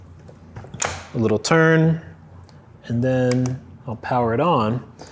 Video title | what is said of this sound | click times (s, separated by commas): Neewer Gear Breakdown MS60 B C LED Video Light | it snaps right on | 0.8 s